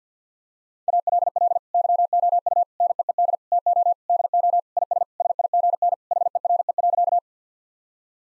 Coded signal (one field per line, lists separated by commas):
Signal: Morse code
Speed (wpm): 50 wpm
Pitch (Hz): 700 Hz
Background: none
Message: ALL YOU NEED TO DO IS SIGN HERE.